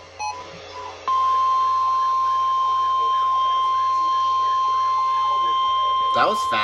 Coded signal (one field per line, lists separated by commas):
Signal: Emergency Alert System (SAME) tones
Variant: 1050 Hz attention tone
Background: speech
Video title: CELEBRATION OF A YEAR.. | EAS Alerts from 12/15-12/21/22 (EAS #744 - 760)